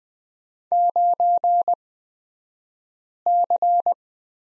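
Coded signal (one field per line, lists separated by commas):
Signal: Morse code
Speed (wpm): 20 wpm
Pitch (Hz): 700 Hz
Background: none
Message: 9C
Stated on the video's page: Morse course lesson on the letter X, two-character drill, at Farnsworth speed 20/10wpm.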